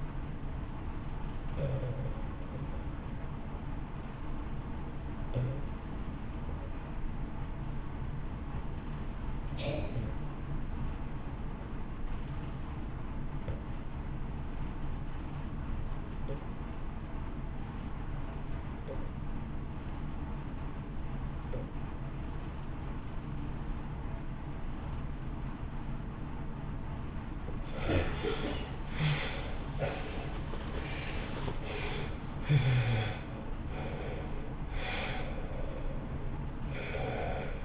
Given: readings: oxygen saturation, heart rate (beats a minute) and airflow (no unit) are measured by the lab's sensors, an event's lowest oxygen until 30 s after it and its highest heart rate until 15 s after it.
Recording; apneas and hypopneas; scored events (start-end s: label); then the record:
breathing in sleep by a smartphone at the bedside; 1
5.00-26.10 s: obstructive apnea (REM, oxygen 90% highest, then 69% lowest, heart rate 58 at the start, 78 highest)
25.00-37.65 s: new sleep stage, N1 (lightest sleep)
From the record:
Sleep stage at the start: REM sleep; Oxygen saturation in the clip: 67 to 90%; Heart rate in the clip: 55 to 78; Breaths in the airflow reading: 3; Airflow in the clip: -4.1 to 2.9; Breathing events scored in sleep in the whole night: 328 in 6.3 hours asleep